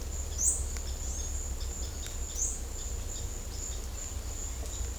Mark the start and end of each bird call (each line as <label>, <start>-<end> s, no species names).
bird call, 0.37-3.79 s